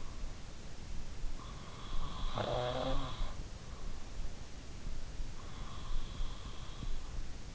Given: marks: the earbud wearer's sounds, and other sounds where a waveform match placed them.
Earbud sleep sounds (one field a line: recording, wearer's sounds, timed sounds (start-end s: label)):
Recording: sounds in sleep by an in-ear microphone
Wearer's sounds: snoring breath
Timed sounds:
1.29-3.92 s: snoring breath